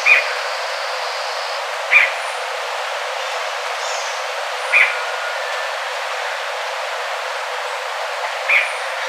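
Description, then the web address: Bird giving brief, bright single call notes, four spaced unevenly a few seconds apart, over a steady hiss of background noise. "BIRD 2015 small 50 CLASSES"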